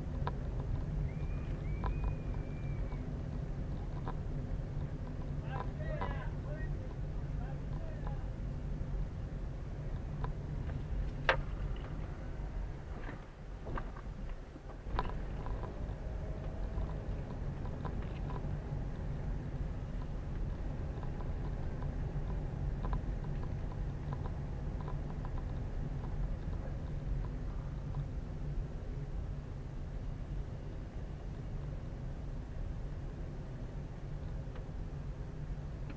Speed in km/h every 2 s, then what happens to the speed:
17, 16, 15, 15, 14, 13, 8, 10, 13, 15, 15, 15, 15, 14, 13, 13, 13, 13.
0-9 steady at about 15. 9-12 slows to 8. 12-17 speeds up to 15. 17-36 steady at about 14.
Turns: none.